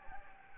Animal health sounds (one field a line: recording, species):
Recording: mosquito wingbeat signal from an infrared sensor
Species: Anopheles gambiae